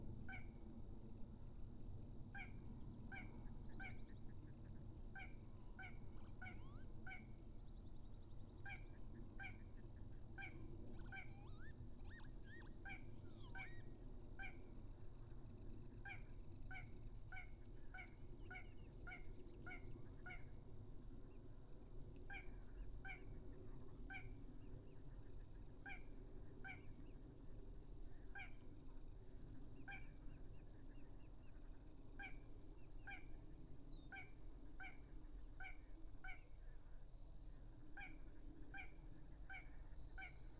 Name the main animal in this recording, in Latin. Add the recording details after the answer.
Porzana parva. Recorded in the wild. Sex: male. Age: adult. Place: Gartz (Oder), Nationalpark Unteres Odertal, Brandenburg, DE. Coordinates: 53.1148, 14.3622. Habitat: wetland. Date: 2016-04-22 22:55. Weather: 5°C, 80% humidity, almost windless. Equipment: Edirol R44, Microtech Gefell MK 250/MV220. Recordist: Freitag, Annika and Frommolt, Karl-Heinz